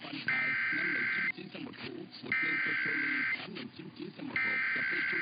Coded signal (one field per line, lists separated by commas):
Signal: Emergency Alert System (SAME) tones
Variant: header bursts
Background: speech